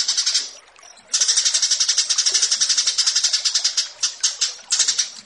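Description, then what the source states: Australasian bushlark singing a high, dense trill of rapid pulses, with a short pause early on and choppy bursts toward the end. Recording used as song tutoring material for training kept birds.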